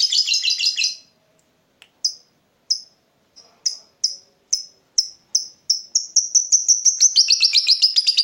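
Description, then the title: Lovebird song: a chattering burst, then single sharp chirps that quicken into a rapid run and end in dense, high chatter. Lovebird's singing style shown as very clever at baiting, prompting other birds to sing. "Dari Gayanya Lovebird Ini Terlihat Pintar Sekali Memancing"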